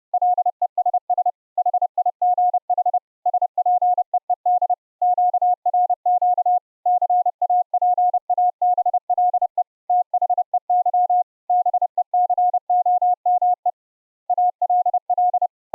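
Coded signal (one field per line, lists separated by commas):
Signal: Morse code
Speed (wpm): 32 wpm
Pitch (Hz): 720 Hz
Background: none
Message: LESS HIGH SPEED QRQ CAPABLE THEY BECOME ALL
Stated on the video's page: Morse audio amplitude-modulating a homebuilt low-power 16 kHz VLF AM transmitter, fed into a sound card input.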